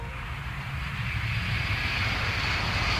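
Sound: airplane taking off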